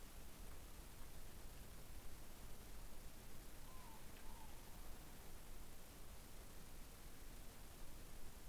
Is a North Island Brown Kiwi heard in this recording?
no